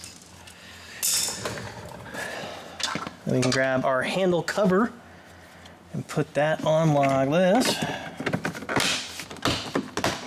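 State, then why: Seated. A plastic interior door handle cover is pressed onto the door panel of a 2007–2011 BMW 328i after a window motor and regulator replacement, while someone talks. Handling noises and light plastic knocks are followed by a sharp snap at 10.0 s as the cover seats in place.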